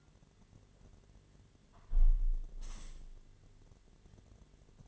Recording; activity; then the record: daily activity, microphone in the room; close window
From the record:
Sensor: 4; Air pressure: 1007.3 hPa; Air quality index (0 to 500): 199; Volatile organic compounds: 7 ppm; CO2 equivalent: 1978 ppm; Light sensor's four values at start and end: 23/73/28/27 and 23/73/28/27